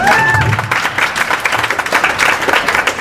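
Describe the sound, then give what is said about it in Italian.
A crowd at a live event in Turin breaks into steady, dense applause, many hands clapping loudly in a continuous patter, with a brief tonal whistle-like note at the very start. “Potete applaudirla.”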